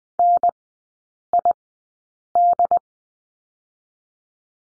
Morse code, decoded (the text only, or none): NID